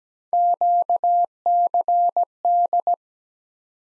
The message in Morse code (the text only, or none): QCD